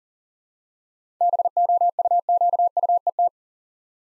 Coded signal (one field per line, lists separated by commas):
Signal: Morse code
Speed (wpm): 40 wpm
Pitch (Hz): 700 Hz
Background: none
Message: BOUQUET